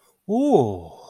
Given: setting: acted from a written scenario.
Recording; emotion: vocal sound without words; realization